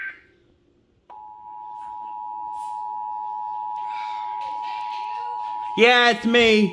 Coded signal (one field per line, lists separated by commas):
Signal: Emergency Alert System (SAME) tones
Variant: 853 and 960 Hz attention tone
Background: speech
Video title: Flash Flood Warning Extension from Southwest Louisiana ABC in Lake Charles, LA | EAS #129